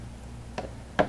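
A mannequin arm's key is guided into the shoulder socket of the body and pushed home. A lighter tick is heard at about 0.6 s, then a sharp, louder click at 1.0 s as the arm keys in and locks into place.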